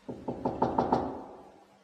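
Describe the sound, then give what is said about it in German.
Six firm knocks on the wooden door of cell number 15 in a corridor, in a quick, even rhythm, each a hollow thud, followed by a short fading resonance and then quiet. “Klopft man hier oder klopft man hier nicht? Ist wohl höflicher.”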